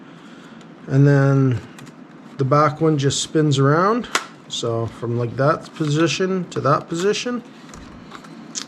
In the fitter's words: and they it's snaps into place as well